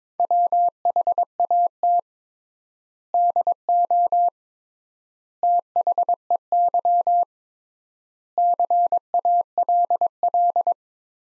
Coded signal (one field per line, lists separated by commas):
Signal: Morse code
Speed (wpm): 22 wpm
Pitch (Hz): 700 Hz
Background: none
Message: WHAT DO THEY CALL